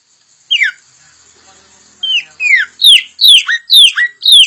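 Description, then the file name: Puff-throated babbler giving a single falling whistle, a brief pause, then a fast run of loud, downslurred whistled notes. Local name Samyong; described as gacor, actively and constantly singing. "Suara Burung Samyong Gacor Dor"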